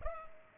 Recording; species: mosquito wingbeat signal from an infrared sensor; Culex pipiens